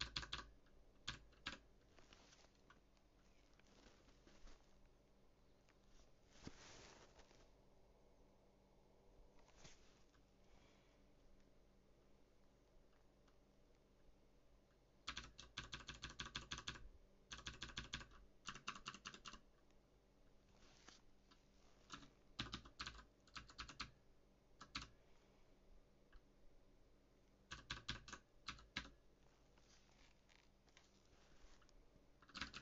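Typing on a mechanical keyboard, with clattering keystrokes coming in bursts separated by short pauses. The busiest flurries fall around 15–18 seconds and again near 27–29 seconds, while a low steady hum sits underneath throughout.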